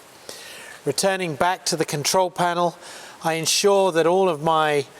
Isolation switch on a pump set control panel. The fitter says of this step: taking our isolation switch here and moving it from the off to the on position which locks in place